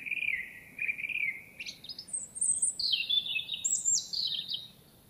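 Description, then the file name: European robin song opening with a drawn-out wavering whistle, then rising into sharper, higher twittering phrases and quick slurred notes over a low background hiss. "Erithacus rubecula"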